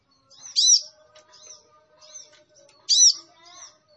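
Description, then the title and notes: Sunbird giving two loud arched chirps, with faint soft twitters around them. Kolibri Ninja singing actively, full song with bursts (isian and tembakan), used for training and as a lure to prompt other birds to sing. "MASTERAN KOLIBRI NINJA FULL ISIAN DAN TEMBAKAN COCOK BUAT PANCINGAN. Suara Burung Kolibri Ninja Gacor"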